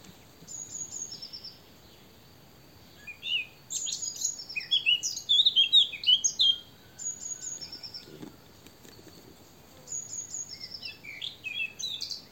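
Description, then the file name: Eurasian blackcap song in two bouts of quick varied warbling separated by a quieter gap, with repeated thin high whistles in the background. "Sylvia atricapilla"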